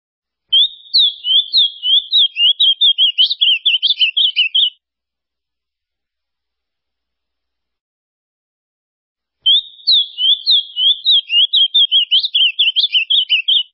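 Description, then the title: Ultramarine grosbeak song: two fast, jumbled warbling phrases of about four seconds each, full of rapid slurred whistles, separated by a long silent pause. "Azulao"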